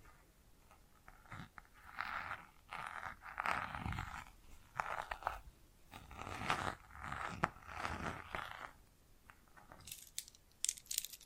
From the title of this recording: Bracelets and Jewelry Boxes